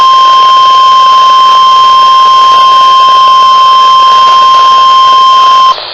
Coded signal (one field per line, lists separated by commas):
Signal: Emergency Alert System (SAME) tones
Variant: 1050 Hz attention tone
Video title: EAS Alert #4 - Severe Thunderstorm Warning #3 4/12/14